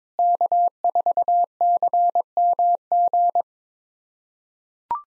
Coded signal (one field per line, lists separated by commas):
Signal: Morse code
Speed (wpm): 21 wpm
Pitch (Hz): 700 Hz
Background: none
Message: K4CMG